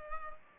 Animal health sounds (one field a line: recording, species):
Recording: mosquito wingbeat signal from an infrared sensor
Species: Culex pipiens